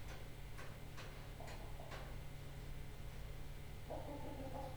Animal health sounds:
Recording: poultry house recording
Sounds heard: healthy chickens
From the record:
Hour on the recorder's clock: 12

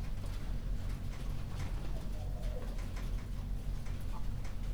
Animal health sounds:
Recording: poultry house recording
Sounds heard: healthy chickens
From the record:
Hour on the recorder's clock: 0

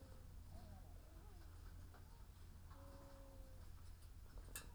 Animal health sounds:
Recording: poultry house recording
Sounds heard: sick chickens (respiratory disease)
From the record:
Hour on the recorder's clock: 14

